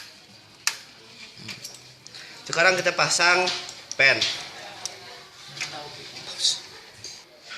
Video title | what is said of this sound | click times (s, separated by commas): X TKJ 1 KEL 6 MERAKIT PC | tekan RAM sampai terdengar suara | 0.7 s